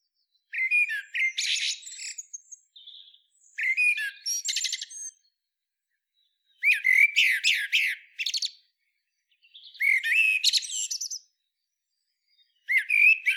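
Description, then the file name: Eurasian blackbird song: mellow fluted phrases, each ending in a high squeaky twitter, repeated about every three seconds with short pauses between. "Turdus merula"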